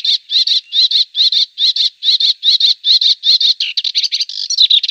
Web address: Schulze Peter Melodious Warbler song